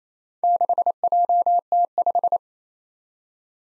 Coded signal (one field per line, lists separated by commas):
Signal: Morse code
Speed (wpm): 28 wpm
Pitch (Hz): 700 Hz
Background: none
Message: 6JT5